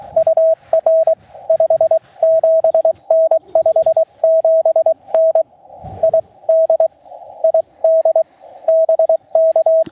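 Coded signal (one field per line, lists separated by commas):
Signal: Morse code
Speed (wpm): 22 wpm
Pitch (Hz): 650 Hz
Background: radio noise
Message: UR 57N 57N ID ID BK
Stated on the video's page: Summit activation (SOTA) QRP CW on a monoband dipole, sent with a tiny paddle; no translations given.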